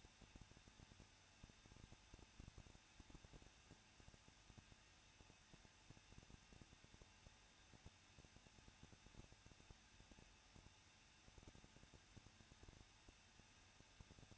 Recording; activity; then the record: daily activity, microphone in the room; no activity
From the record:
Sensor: 2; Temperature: 21.0 degrees Celsius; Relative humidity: 37.6%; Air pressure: 1006.3 hPa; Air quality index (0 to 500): 224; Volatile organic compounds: 25 ppm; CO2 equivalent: 2846 ppm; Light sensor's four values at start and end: 2/3/2/2 and 2/3/2/2